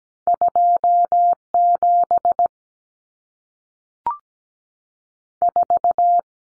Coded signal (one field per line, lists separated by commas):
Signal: Morse code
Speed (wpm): 17 wpm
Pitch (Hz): 700 Hz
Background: none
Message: 27 4